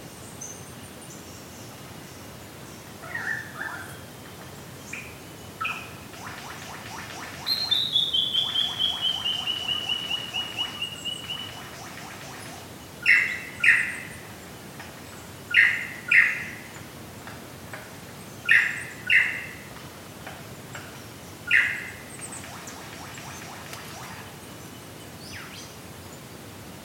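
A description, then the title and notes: Bush birds call over a quiet background: a descending trill around eight seconds, then sharp paired chirps recurring every few seconds until the end. Australian Bush Birds Inc. Distant Lyre Bird.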